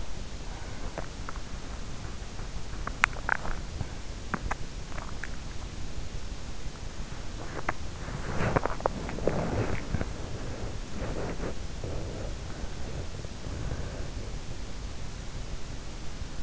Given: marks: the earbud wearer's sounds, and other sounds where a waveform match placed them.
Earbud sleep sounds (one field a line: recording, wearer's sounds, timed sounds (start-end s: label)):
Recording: sounds in sleep by an in-ear microphone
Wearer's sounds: body movement, teeth grinding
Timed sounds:
0.00-16.43 s: body movement
3.07-5.32 s: teeth grinding